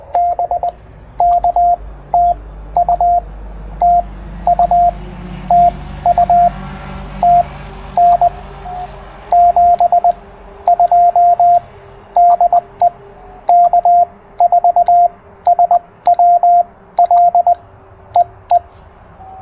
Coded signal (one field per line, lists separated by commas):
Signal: Morse code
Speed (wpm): 20 wpm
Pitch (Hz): 700 Hz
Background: radio noise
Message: BK TU TU TU TN 72 DE K4SWL EE